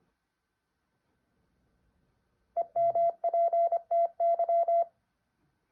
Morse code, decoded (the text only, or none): EMPTY